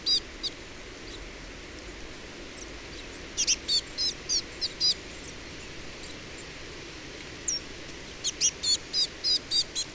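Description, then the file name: Eurasian blue tit calls: short high chirps in quick bursts around three to four seconds and again near the end, with thin high whistled notes between and a faint engine hum beneath. "Cyanistes caeruleus"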